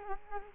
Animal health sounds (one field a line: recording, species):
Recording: mosquito wingbeat signal from an infrared sensor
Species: Culex quinquefasciatus